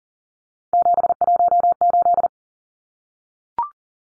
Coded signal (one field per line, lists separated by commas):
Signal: Morse code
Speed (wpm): 40 wpm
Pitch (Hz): 700 Hz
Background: none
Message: 718